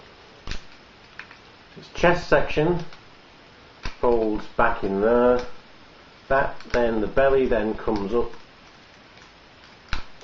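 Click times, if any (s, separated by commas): 9.9 s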